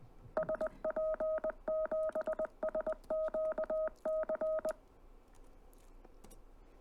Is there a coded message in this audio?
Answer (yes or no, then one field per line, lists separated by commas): yes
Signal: Morse code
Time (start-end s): 0.4-4.7 s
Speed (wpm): 20 wpm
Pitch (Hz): 630 Hz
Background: none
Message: SP7SQC